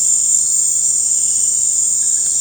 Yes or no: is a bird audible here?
no